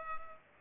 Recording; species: mosquito wingbeat signal from an infrared sensor; Culex pipiens